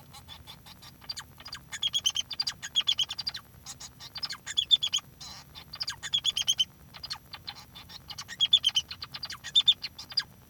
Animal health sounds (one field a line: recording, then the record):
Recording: song of a male Bengalese finch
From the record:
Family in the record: son of father 2